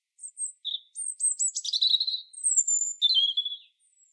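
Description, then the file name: European robin song phrase of thin, high whistles and a jumbled twittering run, ending in a falling warble. "Erithacus rubecula"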